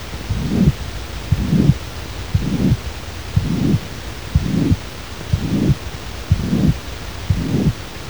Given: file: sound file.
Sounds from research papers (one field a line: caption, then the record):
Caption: Audio file 3 (mitral regurgitation).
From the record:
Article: Cardiac Auscultation Using Smartphones: Pilot Study